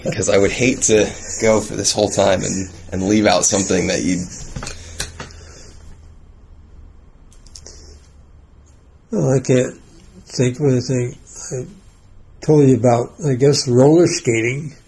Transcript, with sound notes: Because I would hate to go for this whole time and leave out something that you…
[After laughing at the question] Well, I can't think of anything, I told you about roller skating…